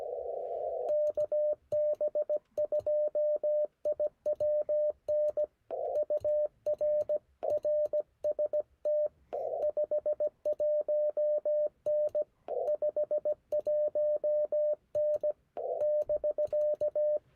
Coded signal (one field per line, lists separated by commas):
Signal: Morse code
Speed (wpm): 17 wpm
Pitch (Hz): 600 Hz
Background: radio noise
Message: KB2IWN UR RST 51N 51N <BK>